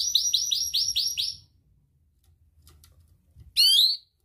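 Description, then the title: Atlantic canary song fragment: six quick whistled notes, a pause with faint ticks, then one bright final note. Prolific, vigorously singing ('gacor') canary; praised for its best 'cengkok' phrasing and most luxurious 'isian' song fill, within Indonesian songbird-keeping hobby. "Kenari Gacor Cengkok Terbaik Isian Paling Mewah Kenarigacor Kicaumania Kenari"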